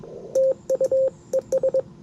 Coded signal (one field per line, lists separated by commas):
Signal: Morse code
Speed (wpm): 22 wpm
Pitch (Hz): 530 Hz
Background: none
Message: TUES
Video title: Yaesu FT-710 CW and SSB POTA Activation